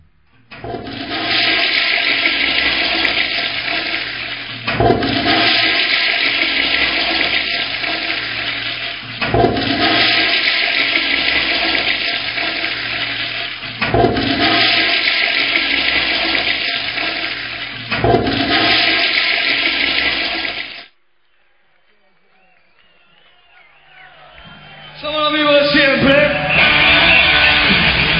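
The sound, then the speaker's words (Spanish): A toilet flushes with a loud, steady rush of water that surges again every few seconds, then drops to near silence before another gush starts up. “Exactamente, entonces un irresponsable, así que echamos la cadena, diputado Alfredito Olmedo.”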